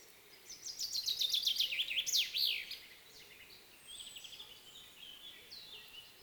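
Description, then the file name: Common chaffinch singing one bright, rapid phrase of descending trilled notes closing with an emphatic flourish, followed by quieter, thinner high notes. "Fringilla coelebs"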